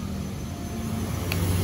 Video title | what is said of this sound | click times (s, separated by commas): How to cut curtains #tutorialgordenchannel | Nah, ada bunyinya kan, klik katanya. | 1.3 s